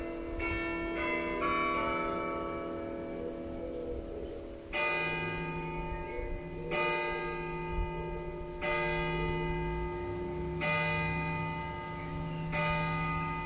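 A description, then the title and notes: Church bells ring out from the parish tower, heard nearby from the churchyard. Several bells sound, with the deepest striking slowly and evenly about every two seconds, each stroke leaving a long humming ring that overlaps the next. Lighter bells chime quickly near the start. Bells of Wantage. On evening walk in Wantage, tarry awhile in the churchyard, to hear the bells of the parish church strike seven o'clock.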